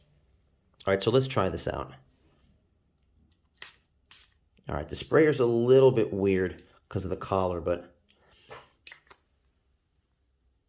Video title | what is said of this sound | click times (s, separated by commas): EDT Ep.99: CHANEL ALLURE HOMME, an original beauty! | it doesn't really snap into place. It does, but it's kind of loose. | 8.9 s